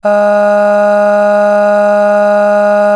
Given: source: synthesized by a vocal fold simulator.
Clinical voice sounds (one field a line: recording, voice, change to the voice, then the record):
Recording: sustained vowel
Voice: female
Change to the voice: aspiration noise (breathiness), level 6 of 10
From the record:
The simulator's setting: 1.12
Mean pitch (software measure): 206 Hz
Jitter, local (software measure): 0.44%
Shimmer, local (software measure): 4.4%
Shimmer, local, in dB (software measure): 0.38 dB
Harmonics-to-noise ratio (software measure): 21.9 dB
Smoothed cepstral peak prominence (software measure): 14.9 dB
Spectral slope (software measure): -21.8 dB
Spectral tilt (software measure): -7.7 dB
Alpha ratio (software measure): -12.3 dB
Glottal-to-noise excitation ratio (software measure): 0.910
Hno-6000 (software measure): 2.0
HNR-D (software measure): 39.9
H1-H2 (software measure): 9.5 dB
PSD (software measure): 2.2e-05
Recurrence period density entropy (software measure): 0.117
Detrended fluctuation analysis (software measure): 0.0274